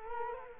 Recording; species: mosquito wingbeat signal from an infrared sensor; Culex quinquefasciatus